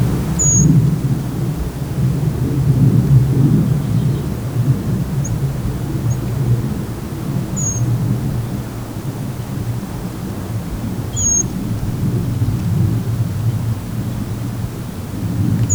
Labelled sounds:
Eurasian Treecreeper call
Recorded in the wild
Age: adult
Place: Halbinsel Kindo, Karelien, RU
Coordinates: 66.5406, 33.1661
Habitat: taiga
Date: 1996-06-21 17:02
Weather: partly cloudy, ca. 10°C
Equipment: Sony TCD-D3, Sennheiser MKH 70, Windkorb
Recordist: Frommolt, Karl-Heinz

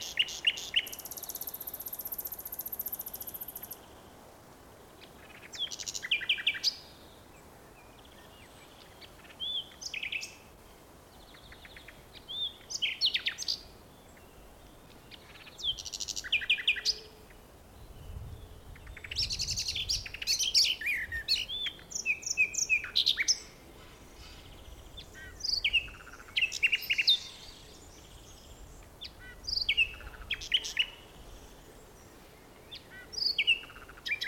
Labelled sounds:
Common Nightingale
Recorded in the wild
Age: adult
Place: Blankenfelde, Berlin, DE
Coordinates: 52.625, 13.404
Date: 1992-05-01 12:46
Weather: heiter bis wolkig, böiger Wind, 16 °C
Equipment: Nagra SN, Mikrofon AKG CK 8, Kopie Tesla B 116
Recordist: Tembrock, Günter

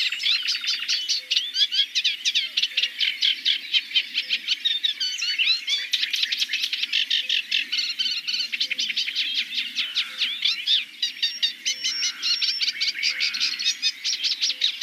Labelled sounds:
Eurasian Reed Warbler song
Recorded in the wild
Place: Waltershofen / Freiburg im Breisgau, Baden-Württemberg, DE
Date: 2003-05-17
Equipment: MiniDisc Sharp MT 20 H, Sennheiser MKH 816
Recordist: Schwarz, Dieter

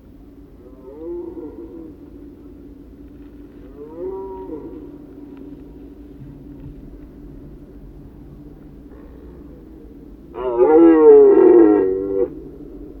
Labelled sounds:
Red Deer call
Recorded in the wild
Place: Glowe, Insel Rügen, Mecklenburg-Vorpommern, DE
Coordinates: 54.566, 13.447
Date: 1977-09-24 19:00
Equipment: Nagra III BH, Sennheiser MD 21, parabola
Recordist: Schubert, Michael

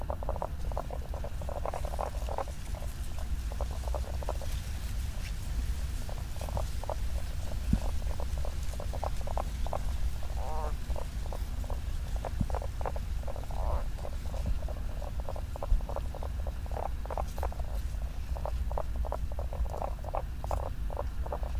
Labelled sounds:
Common Spadefoot call
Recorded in the wild
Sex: male
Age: adult
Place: Hobrechtsfelder Rieselfelder, Naturpark Barnim, Berlin, DE
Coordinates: 52.667, 13.473
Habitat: lake
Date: 2012-04-25 21:05
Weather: air 10 °C, water 10 °C, sunny, weak winds
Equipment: Sound Devices 702, Sennheiser MKH 415 T, Rhode Windschutz
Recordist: Frommolt, Karl-Heinz

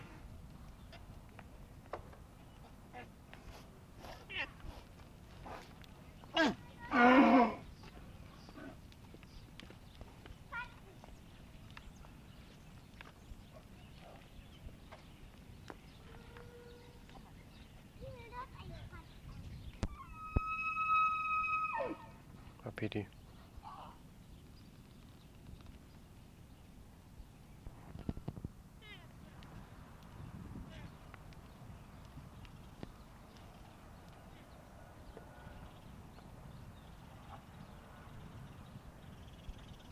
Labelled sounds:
Wapiti
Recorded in captivity
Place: Tierpark Berlin, Berlin, DE
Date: 1965-10-09 14:00
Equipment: Telefunken Magnetophon 300, Sennheiser MD 421, Transistorverstärker 2
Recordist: Tembrock, Günter

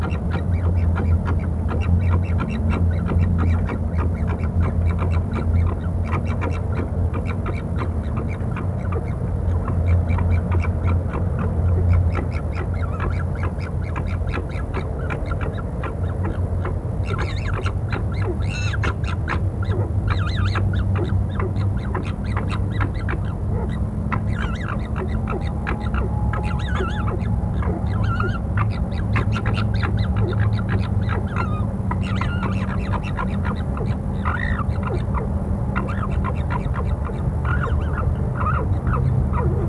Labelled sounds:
Corsac Fox
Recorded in captivity
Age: adult
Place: Tierpark Berlin, Berlin, DE
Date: 1961-09-25 18:45
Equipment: Minifon, Kopie Smaragd
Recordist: Tembrock, Günter
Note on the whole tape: Keckern und Winseln (im Kasten). Abstand ca. 4 m

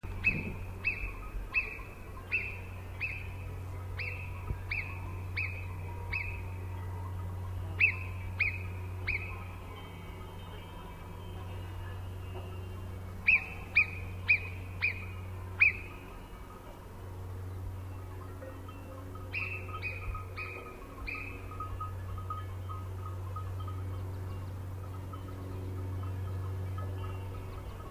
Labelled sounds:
Alpine Marmot alarm call
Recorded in the wild
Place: Brand, Alpen, Vorarlberg, AT
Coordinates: 47.0772, 9.69528
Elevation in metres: 1850
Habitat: alp
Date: 2010-07-20 10:35
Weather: fair, 20°C, weak winds
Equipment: Sound Devices 702, Sennheiser MKH 70, Rycote Windschutz
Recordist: Frommolt, Karl-Heinz

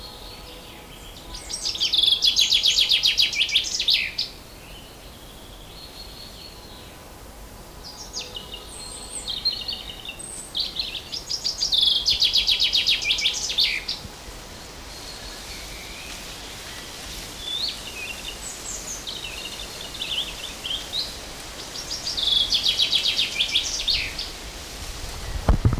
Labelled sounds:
Common Chaffinch song
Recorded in the wild
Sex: male
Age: adult
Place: Mühlenbecker Wald, Brandenburg, DE
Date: 1997-06-07 15:50
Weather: fair, ca. 26°C, gusty winds
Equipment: Nagra SN, Kopie Uher 4000 Report Monitor
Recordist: Tembrock, Günter

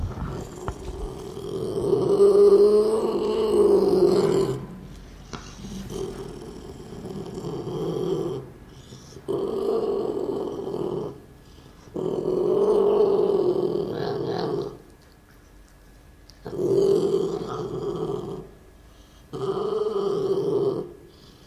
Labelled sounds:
Asian Golden Cat aggressive call
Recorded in captivity
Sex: male
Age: adult
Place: Tierpark Görlitz, Sachsen, DE
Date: 1988-02-24 11:09
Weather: overcast, ca. 0°C
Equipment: Nagra SN
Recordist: Tembrock, Günter

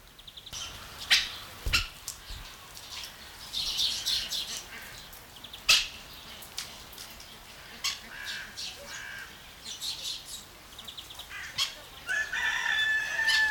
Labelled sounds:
Red-masked Parakeet call
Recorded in captivity
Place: Zoo Augsburg, Bayern, DE
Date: 1993-09-04 10:59
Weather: 14°C, bedeckt
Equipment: Marantz CP 430, Sennheiser MKH 416 T, Kopie Uher Variocord 263
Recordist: Tembrock, Günter

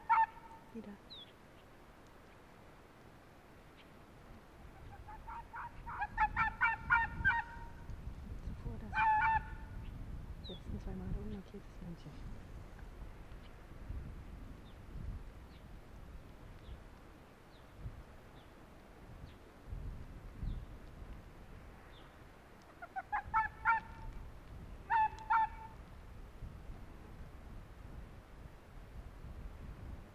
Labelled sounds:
Arctic Fox
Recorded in the wild
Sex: male
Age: adult
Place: Insel Mednyi, Kommandeur-Inseln, RU
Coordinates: 54.5167, 168.083
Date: 1999-07-16 16:06
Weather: bedeckt, 10°C, schwacher Südwestwind
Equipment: Sony WM-D6C, Sennheiser ME 80, K 30 AV, Windkorb, Kopie Tascam DA 30
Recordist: Jakupi, Antje
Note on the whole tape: Südosten der Insel, Gerölltal: Wechselbellen von unmarkiertem Rüden [rot/gelb 4] (in der Nähe der Höhle) und Tier im Gerölltal. Entfernung 60 - 80 m. Z.T. sehr gute Aufnahmequalität

